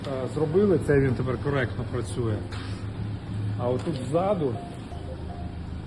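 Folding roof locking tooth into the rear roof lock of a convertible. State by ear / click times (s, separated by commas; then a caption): not seated / none. Someone talks while the folding soft-top of a Mini Cooper Cabrio, under repair after an accident, is brought down onto its rear roof lock, and a single sharp hit sounds at 5.9 s as the metal locking tooth strikes. The tooth misses its hole, so the lock does not engage and nothing has seated or clicked.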